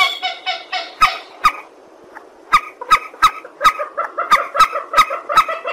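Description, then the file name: Purple swamphen giving nasal honks, a short pause, then a fast run of repeated honking notes with sharp clicks. "tieng trich re keu"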